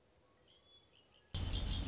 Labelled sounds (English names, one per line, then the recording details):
Red-winged Blackbird
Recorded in Sonoma County, California